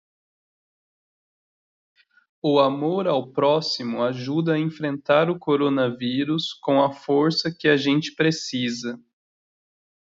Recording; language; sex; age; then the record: spoken sentence; Brazilian Portuguese; male; 30 to 39 years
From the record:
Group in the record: control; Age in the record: 33 years